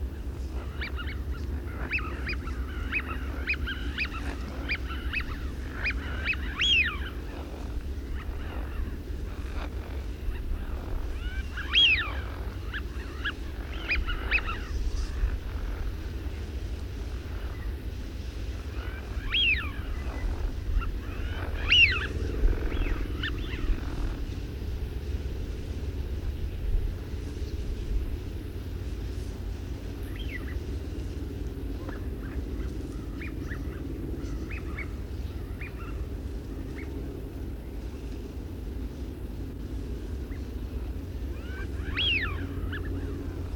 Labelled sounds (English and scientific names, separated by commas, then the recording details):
Eurasian Wigeon (Mareca penelope) call
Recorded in the wild
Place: Kleiner Jasmunder Bodden, Insel Rügen, Mecklenburg-Vorpommern, DE
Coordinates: 54.93, 13.53
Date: 1969-10-07 07:45
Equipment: Nagra III BH, Sennheiser MD 21, parabola
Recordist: Schubert, Michael